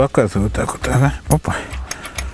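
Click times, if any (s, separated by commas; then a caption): 1.9 s, 2.2 s. Someone talks while a wheel is fitted onto the metal axle of a Daewoo DAST 7565 petrol snowthrower and pushed until it locks. Two short, sharp clicks follow at 1.9 s and 2.2 s, and the wheel is locked in place on the axle.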